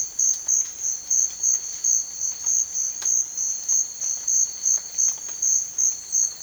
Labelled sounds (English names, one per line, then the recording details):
none
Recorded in secondary vegetation near Puerto Asís, Putumayo, Colombia, on 29 June 2025 at 14:30
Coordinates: 0.499, -76.323
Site G077